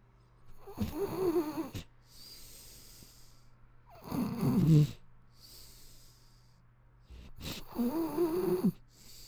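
Snoring from an adult sleeper: three loud, low-pitched, rattling snores, roughly one every three to four seconds, with quieter breathing sounds in between.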